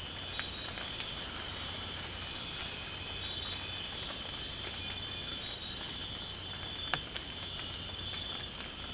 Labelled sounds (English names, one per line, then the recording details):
none
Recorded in secondary vegetation near Puerto Asís, Putumayo, Colombia, on 24 March 2025 at 03:30
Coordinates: 0.502, -76.326
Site G100